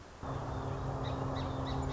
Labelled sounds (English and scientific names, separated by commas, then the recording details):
Song Sparrow (Melospiza melodia)
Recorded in Sonoma County, California